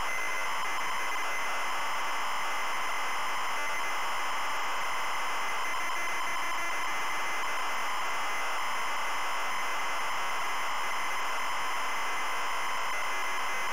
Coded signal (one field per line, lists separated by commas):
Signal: ZX Spectrum tape loading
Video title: ZX SPECTRUM Loading Through the Trap Door 1987 Piranha